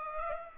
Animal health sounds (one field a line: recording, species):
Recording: mosquito wingbeat signal from an infrared sensor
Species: Culex pipiens